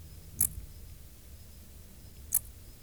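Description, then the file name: Dark bush-cricket giving two crisp, high, buzzy chirps about two seconds apart against quiet low background noise. "Pholidoptera griseoaptera"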